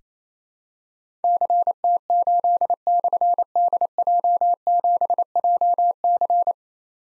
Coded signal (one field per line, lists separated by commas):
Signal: Morse code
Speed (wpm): 27 wpm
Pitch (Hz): 700 Hz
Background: none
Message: CT8/DJ7JC